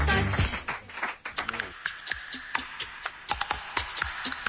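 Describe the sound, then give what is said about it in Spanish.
A round of applause for Minister Caldera from a crowd, loud at first and then thinning into scattered, irregular claps, with a faint steady tone and some murmured voices underneath. “Un aplauso para el ministro Caldera, su sentido del humor y del caje.”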